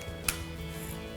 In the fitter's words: Simply put the poles at the height you need them to be and put the lock into place. Nice secure lock.